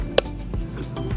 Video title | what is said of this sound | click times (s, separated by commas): How to Install and Hide LED Light Strips (Easy Installation) | you'll hear them click | 0.2 s